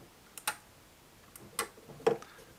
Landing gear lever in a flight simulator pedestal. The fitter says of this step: a working landing gear you can hear the click of that